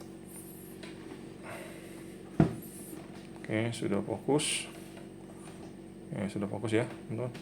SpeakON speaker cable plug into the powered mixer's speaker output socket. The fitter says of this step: Habis itu diputar kuncinya. Sampai ada bunyi tek ya, gitu ya. Oke.